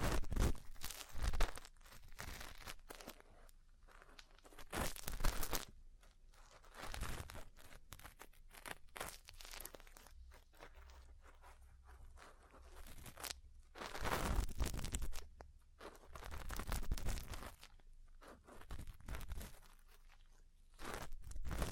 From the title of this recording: Ear Cleaning, Massage, Cupping, Tapping